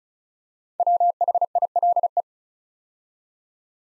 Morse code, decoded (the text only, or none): WHILE